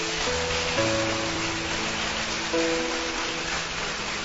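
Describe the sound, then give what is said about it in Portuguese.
A church audience applauds the Messiah in a dense, steady wash of clapping that lasts several seconds, with sustained low keyboard chords holding underneath. “Aplauda o Messias por causa disso.”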